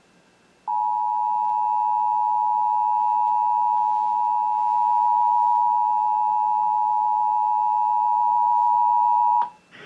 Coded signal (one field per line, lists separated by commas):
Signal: Emergency Alert System (SAME) tones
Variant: 853 and 960 Hz attention tone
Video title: First Illinois Required Monthly Test Of 2018! 01/02/2018 (EAS# 137-142)